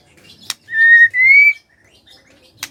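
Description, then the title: White-rumped shama song: two long clear whistled notes, the second rising slightly, between two sharp clicks. Lure to make lazy white-rumped shamas start singing; whistling song (siulan). "PANCINGAN MURAI BATU. SIULAN MURAI BATU❗ PANCINGAN MURAI MALAS AGAR BUNYI❗❗"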